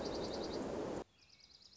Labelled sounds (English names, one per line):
Dark-eyed Junco